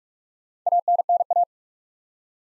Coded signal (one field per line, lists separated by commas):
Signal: Morse code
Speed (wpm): 45 wpm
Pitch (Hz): 700 Hz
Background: none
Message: ANNA